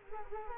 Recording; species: mosquito wingbeat signal from an infrared sensor; Culex quinquefasciatus